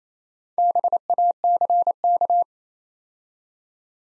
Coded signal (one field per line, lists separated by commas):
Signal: Morse code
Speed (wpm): 29 wpm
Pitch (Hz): 700 Hz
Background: none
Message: BACK